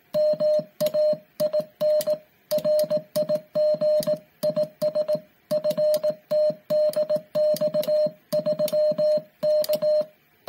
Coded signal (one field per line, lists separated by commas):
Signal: Morse code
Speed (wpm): 18 wpm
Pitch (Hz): 610 Hz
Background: music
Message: MAIN RIG IS FTDX3K